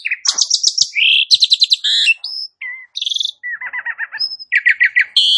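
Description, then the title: Asian pied starling singing a busy medley of harsh chatters, pulsed buzzy trills and short whistles, changing note type every second or so. "Bunyi Jalak Suren"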